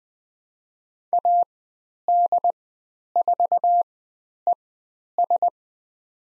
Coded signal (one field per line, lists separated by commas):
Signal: Morse code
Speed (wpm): 20 wpm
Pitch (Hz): 700 Hz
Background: none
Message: AD4ES